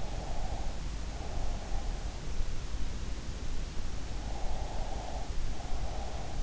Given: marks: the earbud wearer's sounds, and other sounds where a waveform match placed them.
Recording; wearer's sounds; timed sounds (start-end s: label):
sounds in sleep by an in-ear microphone; breath
0.05-1.81 s: breath
4.37-6.43 s: breath